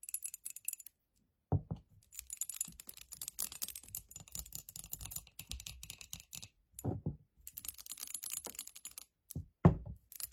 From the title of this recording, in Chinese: 指甲触发！指尖滑动、敲击音